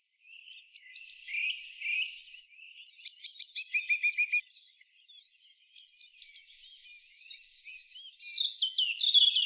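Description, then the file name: Eurasian blue tit singing two phrases, each a few thin high notes rolling into a fast ringing trill, about five seconds apart, with softer chirps between. "Cyanistes caeruleus"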